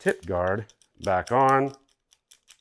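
A painter talks while handling the plastic tip guard of a Graco Contractor PC paint spray gun, starting to push it back onto the front of the gun. Faint, short handling ticks follow after the speech, around 2.1, 2.3 and 2.5 seconds. The tip guard has not seated or clicked into place yet.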